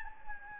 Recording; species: mosquito wingbeat signal from an infrared sensor; Anopheles gambiae